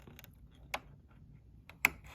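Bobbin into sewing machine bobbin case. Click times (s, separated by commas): 1.8 s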